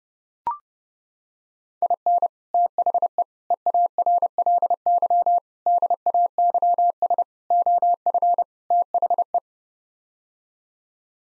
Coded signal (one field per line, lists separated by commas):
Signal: Morse code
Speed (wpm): 32 wpm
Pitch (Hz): 700 Hz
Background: none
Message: IN THE EARLY DAYS OF THE